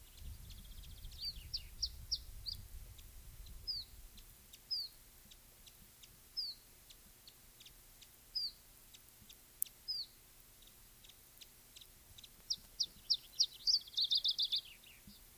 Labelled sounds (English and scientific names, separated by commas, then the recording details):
Iberian Chiffchaff (Phylloscopus ibericus)
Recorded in the wild
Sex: male
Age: adult
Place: Bei Molinar, Nordspanien, Baskenland, ES
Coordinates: 43.2167, -3.28333
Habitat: mountain side
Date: 1964-05-05 16:40
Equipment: Nagra III PH, Parabolspiegelmikrophon, LGS26
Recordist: Schneider, Hans-Joachim
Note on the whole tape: Bei Molinar zwischen La Carranza und Lanestasa in der Umgebung von Ramales de la Victoria. Phylloscopus collybita brehmii (alte Bezeichnung, inzwischen eigene Art). Rivalengesänge- und Laute. MaAs: M.Sch